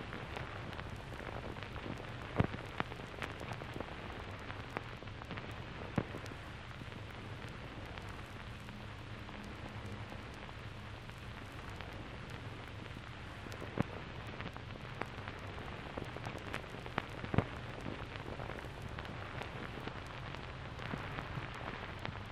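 A dense, steady bed of vinyl record crackle hisses throughout, with sharper pops landing every few seconds, strongest near 2, 6, 14 and 17 seconds. Beneath it, a low, repetitive musical drone holds steady, with a faint tone rising midway.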